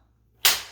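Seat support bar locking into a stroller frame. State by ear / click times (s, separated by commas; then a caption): seated / 0.5 s. After near silence, the seat support bar holding the seats together on a Tipo All Terrain stroller is pushed down, with the seats spread apart, until it locks into the stroller frame. A sharp, bright click sounds at 0.5 s and fades over about a third of a second. The support is seated and locked.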